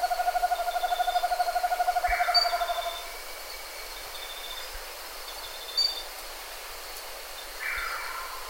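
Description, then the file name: Bird giving a quick run of low, evenly spaced hooting pulses for about three seconds, then falling silent while soft downslurred notes and faint high tones continue. "SABIOD 50 bird 2015"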